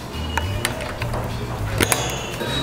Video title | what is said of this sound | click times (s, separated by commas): [[ For Beginners]] How to build your CUSTOM PC - in under 10 mins! | on this opposite pins until you hear the distinct click so | 0.4 s, 0.6 s, 1.9 s